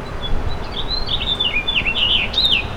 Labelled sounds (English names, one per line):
House Finch song